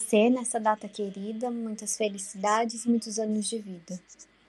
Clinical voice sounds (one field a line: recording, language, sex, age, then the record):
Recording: short text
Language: Brazilian Portuguese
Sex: female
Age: 20 to 29 years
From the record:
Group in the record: control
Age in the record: 28 years